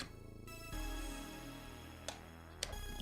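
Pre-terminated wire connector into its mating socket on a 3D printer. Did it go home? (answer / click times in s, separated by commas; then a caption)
no / none. A pre-terminated plastic wire connector is pushed into its mating socket on a 3D printer during wiring, with music playing in the background. Short, sharp sounds occur at about 2.1 and 2.6 seconds. The connector has not seated or clicked yet and fails to lock into place.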